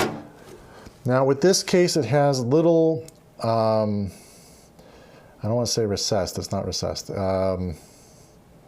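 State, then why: Not seated. A motherboard is being handled and lowered into a computer case, whose standoffs have a small lip meant to grab onto the board with a click. Someone talks in short bursts with quiet gaps between, and only faint handling noise is heard. The board has not seated or clicked onto the standoffs yet.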